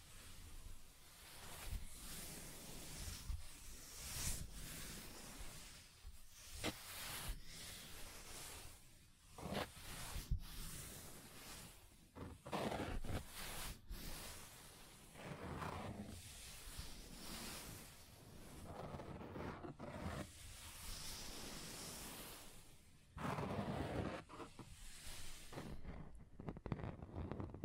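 Scratching across a table's surface, a continuous rough scraping that rises and falls in strokes of varying length. Sharp bright accents punctuate it every second or two, with brief near-silent breaks around 10, 13 and 23 seconds before the rasping resumes.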